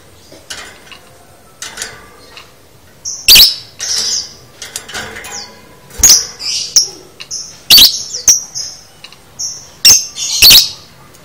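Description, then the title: Lovebird chatter: a busy run of shrill squeaks, buzzy notes and high twitters, irregular, louder after the first few seconds. Lovebird chattering (konslet), used as masteran to train lovebirds. "Masteran Lovebird Konslet ! Ampuh !!"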